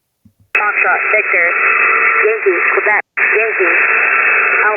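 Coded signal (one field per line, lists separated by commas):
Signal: coded military voice message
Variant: HFGCS Skymaster message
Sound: muffled single-sideband voice reading phonetic letters over steady hiss, brief dropout midway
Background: radio static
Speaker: So, let me play a clip for that of that for you. Victor Yankee Yankee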